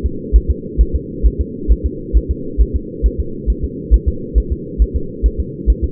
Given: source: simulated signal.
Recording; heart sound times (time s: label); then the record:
fetal heart sounds
0.06 s: S2
0.36 s: S1
0.50 s: S2
0.81 s: S1
0.95 s: S2
1.26 s: S1
1.41 s: S2
1.72 s: S1
1.86 s: S2
2.17 s: S1
2.31 s: S2
2.61 s: S1
2.76 s: S2
3.06 s: S1
3.20 s: S2
3.50 s: S1
3.64 s: S2
3.94 s: S1
4.08 s: S2
4.38 s: S1
4.52 s: S2
4.82 s: S1
4.96 s: S2
5.26 s: S1
5.40 s: S2
5.70 s: S1
5.84 s: S2
From the record:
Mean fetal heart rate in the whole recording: 135 bpm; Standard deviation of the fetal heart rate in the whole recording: 3 bpm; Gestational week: 34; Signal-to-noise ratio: -4.3 dB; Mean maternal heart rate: 72 bpm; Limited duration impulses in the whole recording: absent